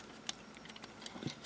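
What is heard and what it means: A tire piece of a transforming plastic toy dump truck figure is wrapped around toward the truck body to lock into place, with a few light, sharp plastic ticks and taps of handling, the strongest near 0.3 s and softer ones around 0.8, 1.1 and 1.3 s. The clip ends before the tire piece goes home, so nothing has seated or clicked yet.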